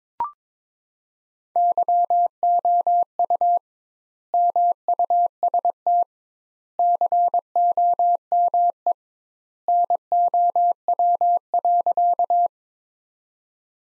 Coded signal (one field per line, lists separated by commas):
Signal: Morse code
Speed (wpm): 22 wpm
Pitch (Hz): 700 Hz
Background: none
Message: YOU MUST COME NOW.